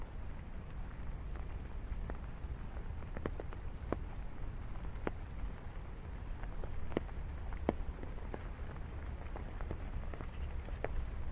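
Rain patters steadily on an umbrella during a city walk, with sharp individual drops tapping out irregularly every fraction of a second over a constant hiss. A low rumble runs underneath throughout, and the overall level stays even for the whole stretch.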